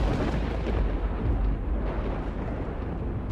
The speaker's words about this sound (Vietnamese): Lồng ngực của Long phập phồng, còn đang nằm thở thì đột nhiên lại thêm một tia sét nữa vang lên chiếu rọi cả tầng không.